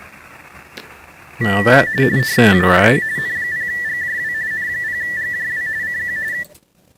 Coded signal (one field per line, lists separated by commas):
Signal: RTTY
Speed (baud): 45.45 baud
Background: speech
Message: WRT N0GJW N0GJW CQ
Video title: Weekly RTTY Test and Stuff.... 08-28-2026